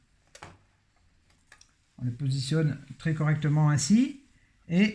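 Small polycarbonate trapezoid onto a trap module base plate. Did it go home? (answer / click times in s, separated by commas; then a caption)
no / none. The first small polycarbonate trapezoid is set in place on the base plate of a selective access module for a homemade hornet trap, with a few faint handling taps and clicks in the first two seconds. Someone then talks, and the very rigid piece still needs extra effort to press it home, so nothing has seated or clicked yet.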